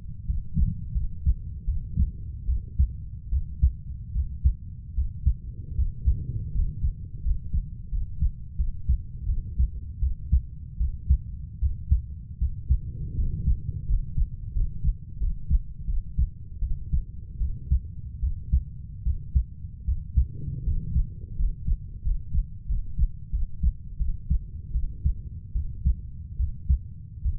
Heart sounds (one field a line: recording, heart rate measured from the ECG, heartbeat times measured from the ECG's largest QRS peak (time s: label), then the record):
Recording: heart sounds by stethoscope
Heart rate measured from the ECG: 80 bpm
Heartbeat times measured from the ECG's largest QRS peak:
0.26 s: heartbeat
0.93 s: heartbeat
1.65 s: heartbeat
2.46 s: heartbeat
3.30 s: heartbeat
4.13 s: heartbeat
4.94 s: heartbeat
5.75 s: heartbeat
6.52 s: heartbeat
7.22 s: heartbeat
7.89 s: heartbeat
8.56 s: heartbeat
9.26 s: heartbeat
9.99 s: heartbeat
10.77 s: heartbeat
11.59 s: heartbeat
12.38 s: heartbeat
13.15 s: heartbeat
13.86 s: heartbeat
14.52 s: heartbeat
15.18 s: heartbeat
15.85 s: heartbeat
16.60 s: heartbeat
17.38 s: heartbeat
18.20 s: heartbeat
19.03 s: heartbeat
19.85 s: heartbeat
20.63 s: heartbeat
21.36 s: heartbeat
22.02 s: heartbeat
22.66 s: heartbeat
23.30 s: heartbeat
23.97 s: heartbeat
24.72 s: heartbeat
25.53 s: heartbeat
26.37 s: heartbeat
27.22 s: heartbeat
From the record:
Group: healthy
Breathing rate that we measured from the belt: 8 breaths a minute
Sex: female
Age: 32 years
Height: 168 cm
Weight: 61.9 kg